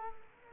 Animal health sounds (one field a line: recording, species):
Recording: mosquito wingbeat signal from an infrared sensor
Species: Culex quinquefasciatus